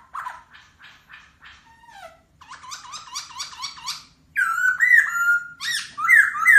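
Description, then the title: Masked laughingthrush: bird delivers a series of short scratchy notes, a falling whistle, a stuttering chatter, then loud ringing whistled phrases. Local Indonesian name Poksai Hongkong; song said to captivate other birds. "Suara Poksai Hongkong Memukau Burung Yang Lain"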